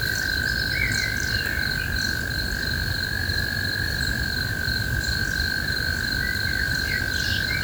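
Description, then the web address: Insect call: two steady high tones hum throughout over a low rumbling background, with faint scattered chirps above. "Insect Set 459"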